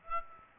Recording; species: mosquito wingbeat signal from an infrared sensor; Aedes aegypti